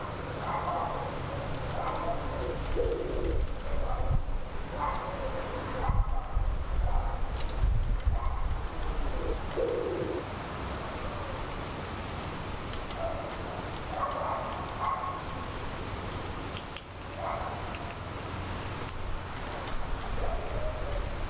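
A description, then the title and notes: Blue Tit and Willow Tit feeding, with steady low rumble, soft pecking and scattered short chirps and cooing calls throughout. A Blue Tit feeding on some fresh grains, while a Willow Tit pecks away at some peanuts.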